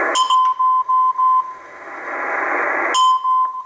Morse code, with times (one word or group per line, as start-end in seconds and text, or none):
0.2-1.4 1
3.0-3.5 M